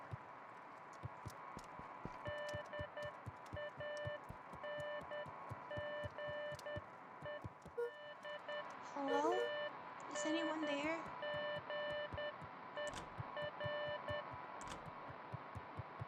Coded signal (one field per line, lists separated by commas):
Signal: Morse code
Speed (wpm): 10 wpm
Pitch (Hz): 590 Hz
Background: speech, music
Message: DANGE I ANGER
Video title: Every choice matters | Beacon Pines #1